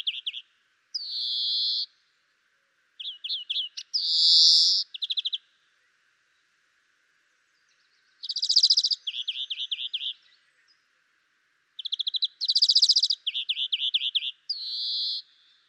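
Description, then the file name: European greenfinch gives bursts of rapid trills and twittering notes mixed with loud buzzy wheezes, in phrases separated by short pauses, over a quiet background. "Chloris chloris"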